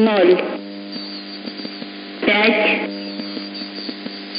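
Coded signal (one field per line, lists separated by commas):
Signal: numbers station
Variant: S06s, Russian female voice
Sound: two short spoken words about two seconds apart over steady hum and hiss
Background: radio hum and static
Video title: 04 05 2021 Number station S06s Russian Lady in Russian to Eu 0740 on 11655 unknown tx site in CUSB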